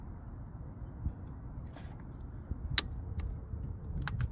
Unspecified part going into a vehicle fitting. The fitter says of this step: you heard the click and it's done it's fully in